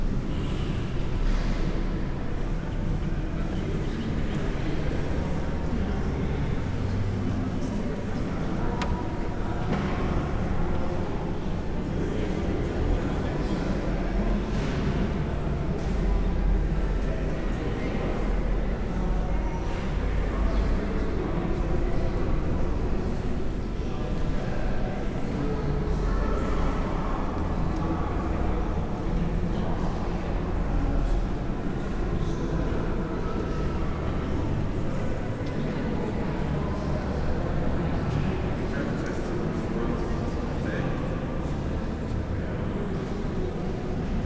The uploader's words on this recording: Binaural Bath Abbey Ambiance | City of Bath.